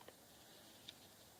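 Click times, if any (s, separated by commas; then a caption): 0.9 s. A suction cup mount is slid into the plastic body of an Azdome DAB211 high-definition dash cam and locks into place. A soft tap is heard at 0.1 s, then a short, sharp click at 0.9 s as the mount seats and locks in.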